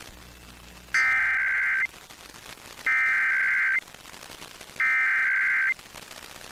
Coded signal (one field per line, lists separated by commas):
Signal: Emergency Alert System (SAME) tones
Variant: header bursts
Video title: Pennsylvania Required Monthly Tests [plus a TV fail] (6/16/22)(EAS 1188-1189)